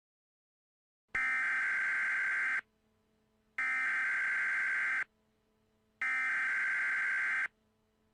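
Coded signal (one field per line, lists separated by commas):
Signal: Emergency Alert System (SAME) tones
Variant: header bursts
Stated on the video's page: Fictional EAS scenario requiring heavy editing.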